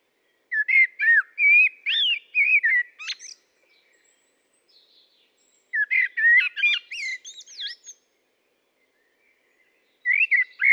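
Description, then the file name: Common blackbird singing long, varied phrases of rich, rising and falling whistles mixed with squeaky notes, repeated after brief silences. "Turdus merula"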